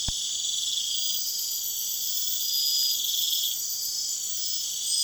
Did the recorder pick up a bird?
no